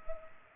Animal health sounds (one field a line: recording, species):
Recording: mosquito wingbeat signal from an infrared sensor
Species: Culex pipiens